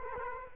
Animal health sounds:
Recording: mosquito wingbeat signal from an infrared sensor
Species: Culex quinquefasciatus

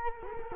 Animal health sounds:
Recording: mosquito wingbeat signal from an infrared sensor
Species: Culex quinquefasciatus

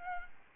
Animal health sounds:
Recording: mosquito wingbeat signal from an infrared sensor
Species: Aedes albopictus

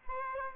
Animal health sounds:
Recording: mosquito wingbeat signal from an infrared sensor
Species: Aedes aegypti

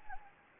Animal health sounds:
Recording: mosquito wingbeat signal from an infrared sensor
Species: Anopheles gambiae

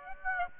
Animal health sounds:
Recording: mosquito wingbeat signal from an infrared sensor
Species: Aedes aegypti

